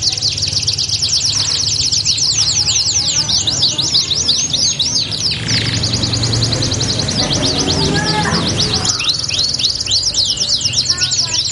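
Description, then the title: Belgian canary song: rapid, high chirping trills pour out nonstop, with occasional lower whistles and a brief rough burst near the middle over a constant low rumble. Belgian canary song played to warm up canaries and prompt them to sing, said to get them joining in within seconds. "Canto Para Esquentar Canário Belga. LANGSUNG NYAUT. Pancingan suara kenari hitungan detik langsung ikut bunyi"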